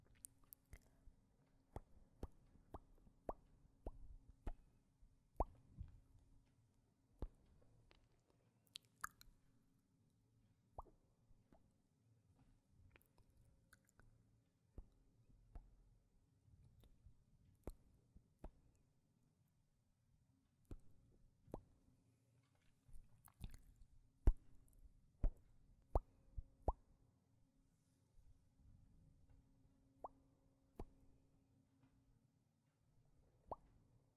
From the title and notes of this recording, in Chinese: 亲亲与口唇声。各种口红触发音。